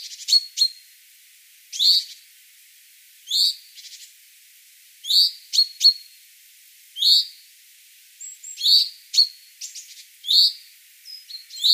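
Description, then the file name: Common chaffinch calls, sharp notes repeated at uneven intervals, mixed with brief thin whistles and soft ticking sounds. "Fringilla coelebs"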